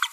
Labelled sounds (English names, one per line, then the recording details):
Green-rumped Parrotlet babbling
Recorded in a nest box in Venezuela
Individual 18B25A3